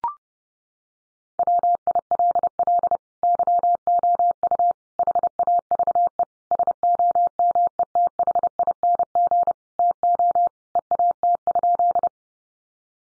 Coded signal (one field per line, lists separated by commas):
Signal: Morse code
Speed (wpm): 30 wpm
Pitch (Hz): 700 Hz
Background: none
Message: WILL YOU HAVE SOMETHING TO EAT?